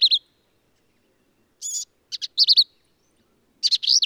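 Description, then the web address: Black-capped vireo singing brief phrases of quick looping whistles and a buzzy note, separated by short silences. "birdsongforthecurious Black-capped Vireo"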